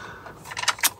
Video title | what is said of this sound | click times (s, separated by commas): How to Swap Out the Port IO Option Card/Module on HP EliteDesk 800 G4. | there you go you hear it snap that means it's lifted off the motherboard | 0.6 s